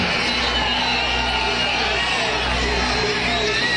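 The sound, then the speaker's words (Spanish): A crowd of brickworks workers shouting and cheering together, a dense, continuous roar of many voices that stays steady and loud for the whole few seconds. “Los briqueteros gritan desde allá.”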